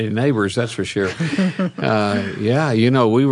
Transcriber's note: laughter